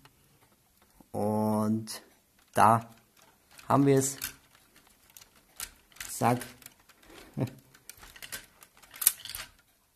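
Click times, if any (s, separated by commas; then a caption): 9.1 s. Someone talks while a plastic brick-built LEGO Republic Gunship (10195) is lowered onto a walker vehicle and its gripping clamp is pushed onto the walker's handle bar, with a few soft plastic taps and rattles along the way. A sharp click at 9.1 s marks the clamp snapping on and locking in place, seated and latched, after which the whole assembly is lifted by hand.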